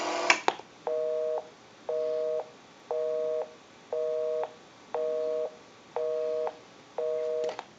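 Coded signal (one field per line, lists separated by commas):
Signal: telephone call progress tone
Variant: North America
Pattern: busy tone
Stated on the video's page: Tone heard on a Western Electric 554 rotary wall telephone during initial checkout and repair.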